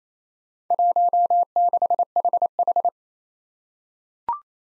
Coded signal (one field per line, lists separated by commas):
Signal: Morse code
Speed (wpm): 29 wpm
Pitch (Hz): 700 Hz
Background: none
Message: 16HH